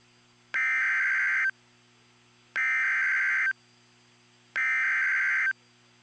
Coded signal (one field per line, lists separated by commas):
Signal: Emergency Alert System (SAME) tones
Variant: header bursts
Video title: EAS 145 - Severe Thunderstorm Warning Dickson TN